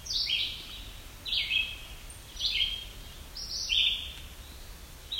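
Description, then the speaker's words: Yellow-bellied sapsucker repeating squealing, rubber-toy-like mew calls that drop in pitch, about one per second, with light background noise. Squeaky call likened to a rubber or squeegee toy. "Sounds kind of like a rubber toy. That is yellow-bellied sapsucker."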